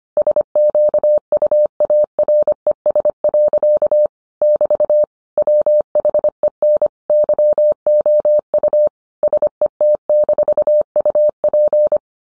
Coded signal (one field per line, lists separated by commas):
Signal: Morse code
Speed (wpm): 25 wpm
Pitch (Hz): 600 Hz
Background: none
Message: SQUARES. <BT> WHEN YOU SET-UP